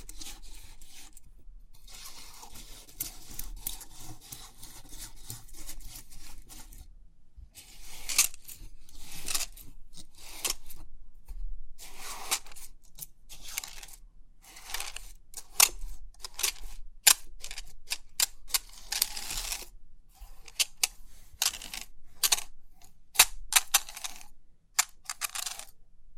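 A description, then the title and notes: Crisp 3D pin art being handled, with rapid metallic clicks and bright rustling pin sounds coming in bursts. A soft rubbing texture fills the first seven seconds, then dense clusters of sharp ticks and taps follow irregularly, with brief pauses between handfuls. Crisp 3D Pin Art Tingles(No Talking).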